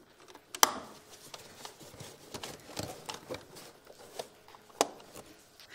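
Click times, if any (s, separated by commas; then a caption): 0.6 s. A vacuum hose is clipped back into its plastic retaining clip during a timing belt change on an Opel Astra F/G or Corsa B. A very sharp, short snap at 0.6 s marks the line seating in the holder, followed by quieter handling taps and a second sharper tap near 4.8 s.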